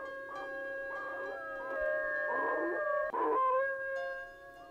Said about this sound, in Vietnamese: Thế nhưng sau biết bao nhiêu chuyện xảy ra, thêm nữa ngay tại giây phút này, tiếng con chó của nhà hàng xóm nó vẫn sủa, thỉnh thoảng nó chu lên ông ổng làm cho ông rùng mình.